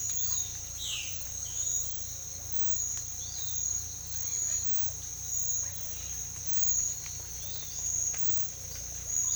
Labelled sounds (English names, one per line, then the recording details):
Piratic Flycatcher
Violaceous Jay
unidentified bird
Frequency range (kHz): Piratic Flycatcher 2.9-5.6 kHz; Violaceous Jay 1.9-4.9 kHz; unidentified bird 0.5-2.9 kHz
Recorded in secondary vegetation near Puerto Asís, Putumayo, Colombia, on 18 December 2024 at 06:00
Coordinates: 0.499, -76.323
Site G010